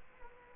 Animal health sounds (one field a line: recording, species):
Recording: mosquito wingbeat signal from an infrared sensor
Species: Culex quinquefasciatus